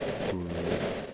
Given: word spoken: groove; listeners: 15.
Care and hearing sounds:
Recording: one English word in noise, from a listening test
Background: noise modulated by three-talker babble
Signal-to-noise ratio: -4.2 dB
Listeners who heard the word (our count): 1 of 15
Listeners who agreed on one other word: 9 of 15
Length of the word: 0.74 s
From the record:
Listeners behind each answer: 9, 1, 1, 1, 1, 1, 1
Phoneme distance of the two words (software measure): 20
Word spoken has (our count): 1 syllable, 4 phonemes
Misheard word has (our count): 1 syllable, 4 phonemes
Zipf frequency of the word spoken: 3.69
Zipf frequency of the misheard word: 3.30

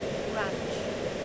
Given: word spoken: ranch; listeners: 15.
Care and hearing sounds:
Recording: one English word in noise, from a listening test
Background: speech-shaped noise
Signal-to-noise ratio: -6.3 dB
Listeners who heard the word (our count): 3 of 15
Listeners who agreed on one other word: 6 of 15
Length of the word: 0.85 s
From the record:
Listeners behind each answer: 6, 3, 1, 1, 1, 1, 1, 1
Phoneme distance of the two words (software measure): 7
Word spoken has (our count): 1 syllable, 4 phonemes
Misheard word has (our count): 1 syllable, 5 phonemes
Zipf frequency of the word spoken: 3.32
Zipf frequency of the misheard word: 4.10

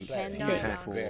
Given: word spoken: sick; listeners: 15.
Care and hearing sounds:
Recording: one English word in noise, from a listening test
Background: four-talker babble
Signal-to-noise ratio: -2.2 dB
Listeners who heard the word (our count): 1 of 15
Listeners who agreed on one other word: 6 of 15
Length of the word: 0.70 s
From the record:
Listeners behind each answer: 6, 2, 1, 1, 1, 1, 1, 1, 1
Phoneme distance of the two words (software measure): 7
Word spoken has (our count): 1 syllable, 3 phonemes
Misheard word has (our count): 1 syllable, 4 phonemes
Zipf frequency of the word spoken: 4.76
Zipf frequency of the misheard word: 5.47

